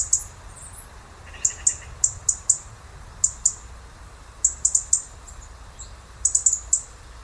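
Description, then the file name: European robin calls: short, sharp high clicks in clustered bursts with brief pauses, plus a faint thin chirp early on, over low rumbling background noise. "Erithacus rubecula"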